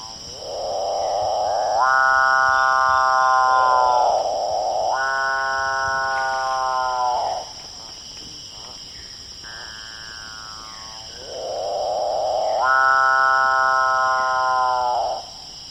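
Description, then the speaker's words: Capuchinbird calls: four drawn-out mooing calls, most opening with a rough grinding sound and swelling into a long harmonic tone, with a steady high insect buzz throughout. Large, odd-looking songbird of South America; air sacs in the throat amplify the call, likened to a cow being sawn in half with a chainsaw. "What you are hearing is the capuchin bird or calf bird of South America."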